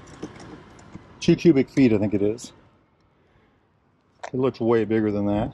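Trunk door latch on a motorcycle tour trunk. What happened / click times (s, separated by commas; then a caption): The trunk lid has not latched yet; no seating click is heard / none. Someone talks while handling the hinged door of the rear tour trunk on a Harley-Davidson Road Glide 3 motorcycle, with quiet pauses between phrases. The trunk door latch has not seated or clicked yet.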